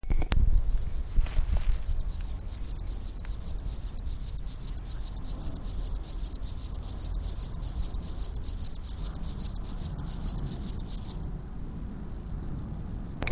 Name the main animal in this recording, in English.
Upland Field Grasshopper